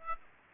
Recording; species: mosquito wingbeat signal from an infrared sensor; Aedes aegypti